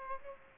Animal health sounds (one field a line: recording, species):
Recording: mosquito wingbeat signal from an infrared sensor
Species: Aedes aegypti